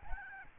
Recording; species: mosquito wingbeat signal from an infrared sensor; Aedes albopictus